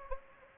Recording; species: mosquito wingbeat signal from an infrared sensor; Anopheles gambiae